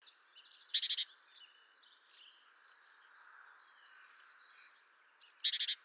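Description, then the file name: Great tit call: a sharp high note followed by a quick buzzy rattle, given twice about five seconds apart. "Parus major"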